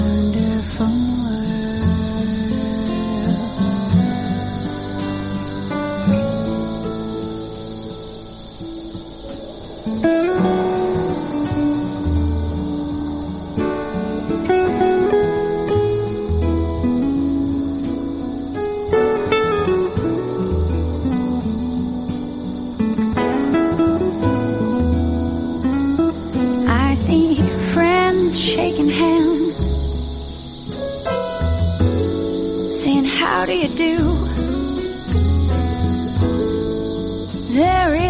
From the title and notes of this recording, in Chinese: 一座城市的声音记忆：蝉鸣。大狗采集了树上蝉儿的鸣叫，配上慵懒的爵士乐曲。